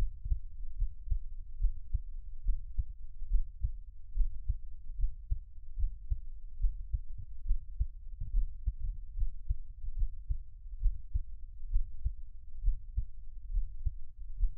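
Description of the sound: Steady, soft low thumps repeat at about 71 beats a minute, with an even rhythm and a faint muffled hum between beats. This is an ordinary adult heartbeat heard close up for ASMR relaxation listening, best on headphones, with no talking.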